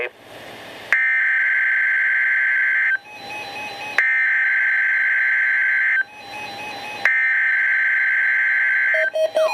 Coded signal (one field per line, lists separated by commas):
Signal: Emergency Alert System (SAME) tones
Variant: header bursts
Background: speech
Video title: Required Weekly Test - 07/10/13 (EAS #492)